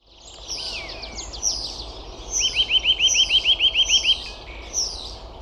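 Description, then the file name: Eurasian nuthatch calling: a fast run of clear, rising piping notes, among scattered high chirps before and after. "Sitta europaea"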